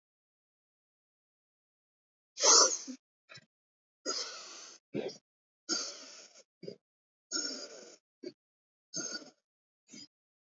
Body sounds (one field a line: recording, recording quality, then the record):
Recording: shallow breathing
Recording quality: poor, much background noise or distortion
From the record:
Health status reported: healthy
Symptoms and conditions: none ticked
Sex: female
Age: 45 years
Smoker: not ticked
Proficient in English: yes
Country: India